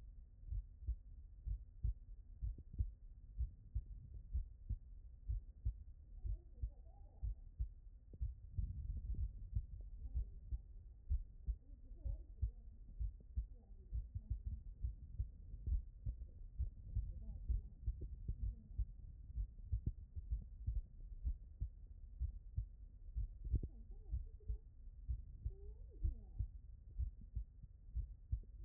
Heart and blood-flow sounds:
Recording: heart sounds by stethoscope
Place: tricuspid valve (TV)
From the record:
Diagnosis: non-HFrEF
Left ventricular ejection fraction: 56%

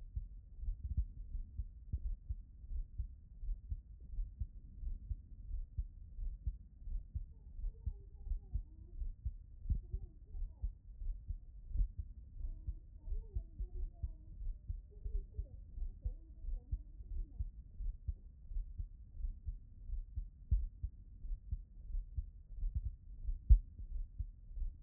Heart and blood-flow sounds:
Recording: heart sounds by stethoscope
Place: pulmonary valve (PV)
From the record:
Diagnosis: non-HFrEF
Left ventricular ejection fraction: 42%

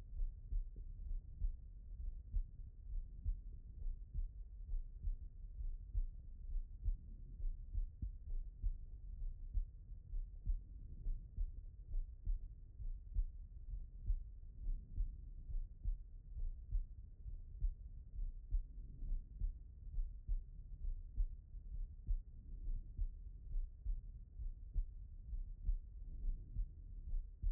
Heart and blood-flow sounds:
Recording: heart sounds by stethoscope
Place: pulmonary valve (PV)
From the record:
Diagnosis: non-HFrEF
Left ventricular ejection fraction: 69%

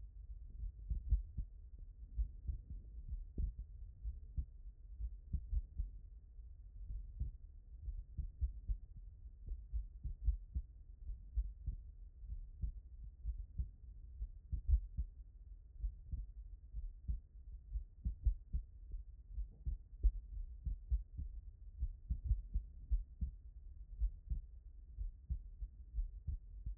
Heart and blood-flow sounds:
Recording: heart sounds by stethoscope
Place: pulmonary valve (PV)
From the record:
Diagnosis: non-HFrEF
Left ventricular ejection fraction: 67%

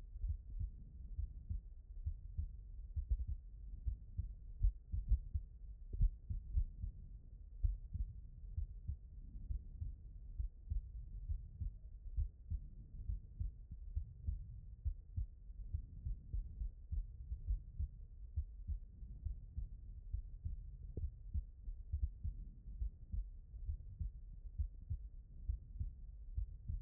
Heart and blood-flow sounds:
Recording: heart sounds by stethoscope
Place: aortic valve (AV)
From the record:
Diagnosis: non-HFrEF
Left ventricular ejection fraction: 55%

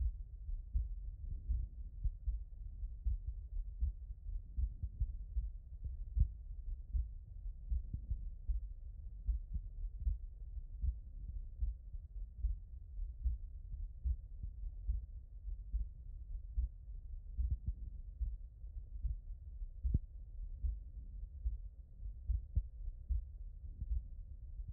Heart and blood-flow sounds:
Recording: heart sounds by stethoscope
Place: aortic valve (AV)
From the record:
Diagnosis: HFrEF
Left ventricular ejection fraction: 39%

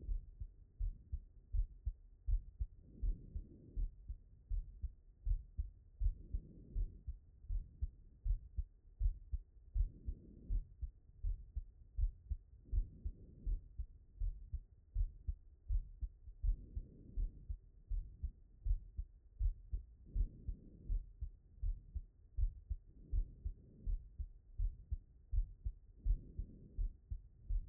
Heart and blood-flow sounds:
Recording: heart sounds by stethoscope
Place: pulmonary valve (PV)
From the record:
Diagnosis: non-HFrEF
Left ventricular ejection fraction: 79%

